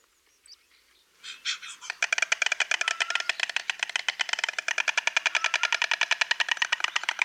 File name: Bocian bialy